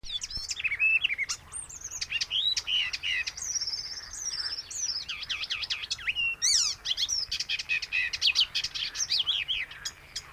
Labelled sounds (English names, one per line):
Icterine Warbler